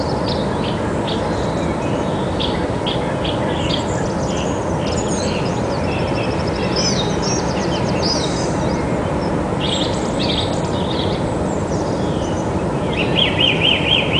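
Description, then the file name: Song thrush singing varied bright phrases, some notes repeated in quick sets, over a loud steady low rumble. "Turdus philomelos"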